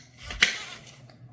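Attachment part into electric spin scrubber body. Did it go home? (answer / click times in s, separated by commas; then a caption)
yes / 0.4 s. A plastic attachment part of an electric spin scrubber, possibly a head or extension, is pushed into its plastic socket on the scrubber body. A sharp snap at 0.4 s stands out above a few quieter clicks and rustles. The part locks in place.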